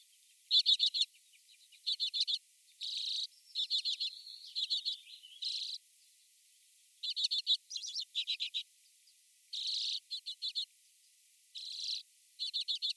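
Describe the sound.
Common redpoll song mixing fast rattling trills with brief buzzy notes, delivered in clustered phrases with short gaps.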